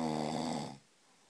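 A single loud snore from a sleeping adult man lasts about 0.8 seconds: a low, buzzing, rattling tone on the in-breath that stops abruptly into near-silence. It is a familiar snoring sound that recurs every night. The vibration of the relaxed upper airway during sleep produces this typical snoring sound.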